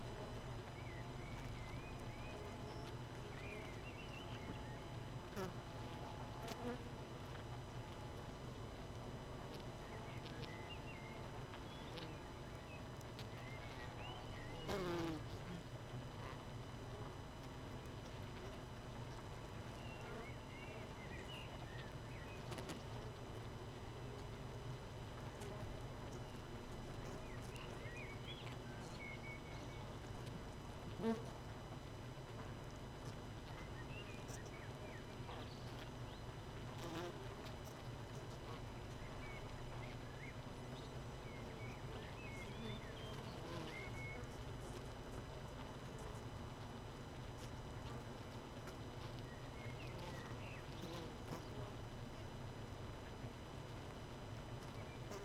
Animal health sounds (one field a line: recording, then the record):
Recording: honeybee colony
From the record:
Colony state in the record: missing queen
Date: 31 May 2018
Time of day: 18:50